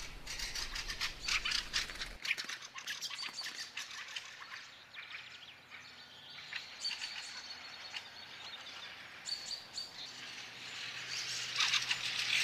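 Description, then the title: Fieldfare chatter, a dense run of harsh, rattling chak notes that keeps going and swells again near the end, with a low hum at the very start. "Viikon luontoääni: Räkättirastas"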